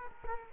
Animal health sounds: mosquito wingbeat signal from an infrared sensor; Culex quinquefasciatus

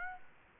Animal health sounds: mosquito wingbeat signal from an infrared sensor; Aedes aegypti

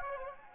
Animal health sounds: mosquito wingbeat signal from an infrared sensor; Anopheles gambiae

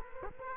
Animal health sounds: mosquito wingbeat signal from an infrared sensor; Culex quinquefasciatus

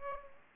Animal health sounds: mosquito wingbeat signal from an infrared sensor; Aedes aegypti

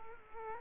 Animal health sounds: mosquito wingbeat signal from an infrared sensor; Culex quinquefasciatus

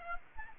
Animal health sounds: mosquito wingbeat signal from an infrared sensor; Aedes aegypti

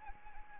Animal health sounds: mosquito wingbeat signal from an infrared sensor; Anopheles arabiensis

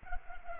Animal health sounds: mosquito wingbeat signal from an infrared sensor; Culex pipiens

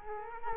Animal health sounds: mosquito wingbeat signal from an infrared sensor; Culex quinquefasciatus

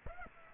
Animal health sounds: mosquito wingbeat signal from an infrared sensor; Aedes aegypti

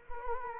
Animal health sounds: mosquito wingbeat signal from an infrared sensor; Culex quinquefasciatus

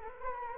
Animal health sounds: mosquito wingbeat signal from an infrared sensor; Anopheles arabiensis

